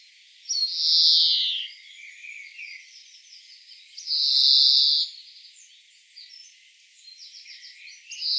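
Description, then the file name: European greenfinch giving long, drawn-out nasal wheezes that slide slightly downward, with faint twittering between. "Chloris chloris"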